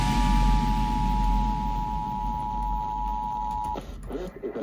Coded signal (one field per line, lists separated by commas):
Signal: Emergency Alert System (SAME) tones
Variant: 853 and 960 Hz attention tone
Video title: TESTCEPTION - EAS Test Alerts from 3/15 to 5/17/2023 (EAS #276-286)